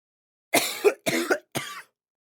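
Three separate coughs in about a second and a half, each a sharp onset followed by a rough, noisy tail with a second push near its end. The quality is harsh and throaty, a rough cough from an adult man, with a quiet background.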